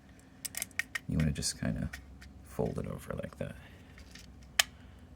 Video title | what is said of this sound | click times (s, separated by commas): Tutorial: Game Bird Assembly | And then you push up here and it locks into place. | 4.6 s